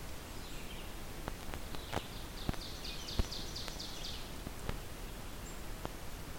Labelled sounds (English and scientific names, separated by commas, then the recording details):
Ovenbird (Seiurus aurocapilla) song
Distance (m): 95 m
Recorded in boreal forest in Alberta, Canada, on 16 June 2016 at 08:31
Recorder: SongMeter 3, array SBT-3-32
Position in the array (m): 159 m, 29 m
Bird 36